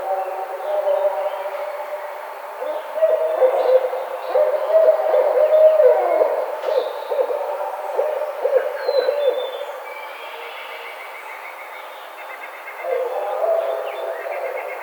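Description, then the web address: Barred owl's loud, wavering hoots and wails run for several seconds, fall quiet, then start again near the end. Recorded on 4 May 2009. "Barred Owl 2009 05 04 Barred Owl"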